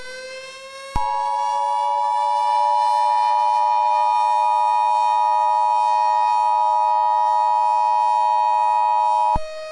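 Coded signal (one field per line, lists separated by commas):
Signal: Emergency Alert System (SAME) tones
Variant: 853 and 960 Hz attention tone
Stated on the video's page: Fictional EAS scenario depicting an EF5 tornado in Youngstown.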